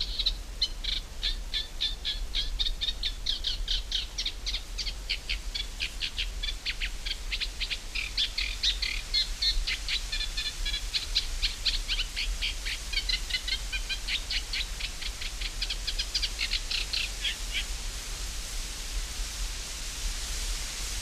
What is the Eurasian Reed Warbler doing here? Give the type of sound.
song